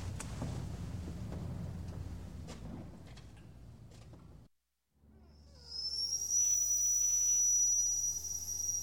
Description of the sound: Hospital Ventilator Compressor Prime Up.